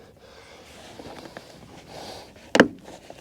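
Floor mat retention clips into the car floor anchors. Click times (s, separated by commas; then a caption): 2.6 s. The plastic retention clips of a WeatherTech floor mat are pushed down into the floor anchors of a 2007–2012 Toyota RAV4. After quiet low rustling and a few faint taps, two sharp snaps come in quick succession at about 2.6 s. Both clips are seated in the anchors.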